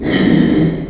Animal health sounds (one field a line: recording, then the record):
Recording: squeal of a Yucatan mini pig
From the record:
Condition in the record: after surgery on the right vocal fold (resection and tissue-engineered implant)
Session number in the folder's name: 2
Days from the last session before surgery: 13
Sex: male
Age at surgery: 12 weeks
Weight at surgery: 13 kg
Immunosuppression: cyclosporine, prednisolone